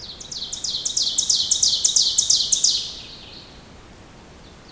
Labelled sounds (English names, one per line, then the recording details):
Ovenbird song
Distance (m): 15 m
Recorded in boreal forest in Alberta, Canada, on 2 June 2016 at 05:55
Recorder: SongMeter 3, array SBT-3-7
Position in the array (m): -2 m, 87 m
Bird 7